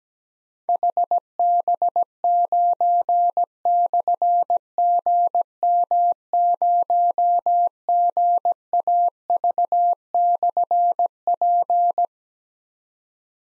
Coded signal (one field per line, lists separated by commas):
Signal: Morse code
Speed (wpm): 17 wpm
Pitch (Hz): 700 Hz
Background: none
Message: HB9/GM0GAV/P